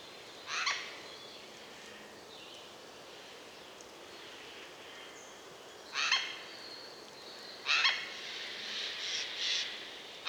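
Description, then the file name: Eurasian jay making three short, rasping screeches, the last two closer together. "Garrulus glandarius"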